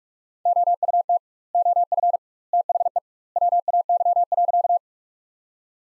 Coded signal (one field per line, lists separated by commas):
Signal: Morse code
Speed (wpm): 45 wpm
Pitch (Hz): 700 Hz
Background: none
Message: OUT OF THE WAY.